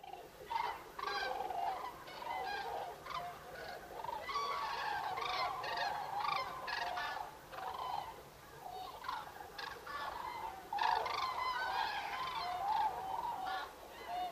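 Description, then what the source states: Common cranes giving loud bugling calls in a crowded chorus, bursts of overlapping trumpets with brief lulls before the calling picks up again. Recorded 5 November 2018.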